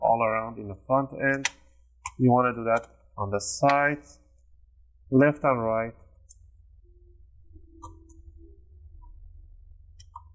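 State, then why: Released. An opening tool is worked between the plastic bottom cover and the palm rest along the left and right sides of an Acer Aspire 5 A514-54-356A laptop while someone talks for the first six seconds. Sharp clicks follow at 6.3, 7.8, 8.1, 10.0 and 10.2 seconds. They sound like breaking, but they are the bottom cover's retaining clips popping loose from the palm rest.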